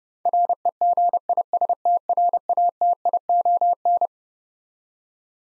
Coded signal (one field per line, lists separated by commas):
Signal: Morse code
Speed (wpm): 30 wpm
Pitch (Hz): 700 Hz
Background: none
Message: REGISTRATION